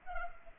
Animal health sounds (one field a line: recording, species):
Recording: mosquito wingbeat signal from an infrared sensor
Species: Culex pipiens